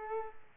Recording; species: mosquito wingbeat signal from an infrared sensor; Culex quinquefasciatus